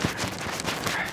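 A new windshield wiper blade is worked onto the wiper arm hook and pulled forward, and it clicks into place at 0.6 s with a short, sharp snap over steady handling noise. The blade ends up seated on the arm.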